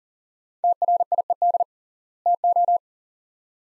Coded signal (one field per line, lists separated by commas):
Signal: Morse code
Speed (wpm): 40 wpm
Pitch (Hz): 700 Hz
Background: none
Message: TRIED TO